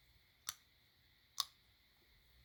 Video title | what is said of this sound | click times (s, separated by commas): Invisalign Update Month 9: From kissing, having a lisp, crooked smile and quarantine | And you'll hear a click, click. | 0.5 s, 1.4 s